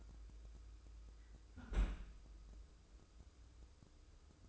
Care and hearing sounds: daily activity, microphone in the room; close fridge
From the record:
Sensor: 2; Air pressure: 995.2 hPa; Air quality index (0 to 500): 65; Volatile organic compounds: 2 ppm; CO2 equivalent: 1111 ppm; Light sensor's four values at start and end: 17/55/21/21 and 17/55/22/21

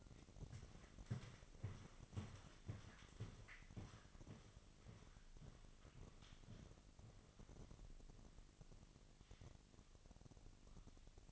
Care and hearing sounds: daily activity, microphone in the room; walk to room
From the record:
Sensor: 4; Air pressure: 1000.3 hPa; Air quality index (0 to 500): 210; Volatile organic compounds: 21 ppm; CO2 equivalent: 2715 ppm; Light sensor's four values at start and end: 9/19/8/7 and 9/21/8/8

